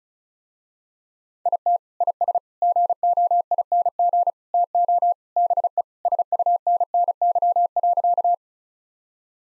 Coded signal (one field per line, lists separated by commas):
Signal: Morse code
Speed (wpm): 34 wpm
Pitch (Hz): 700 Hz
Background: none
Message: IT IS GOING TO BE SUNNY.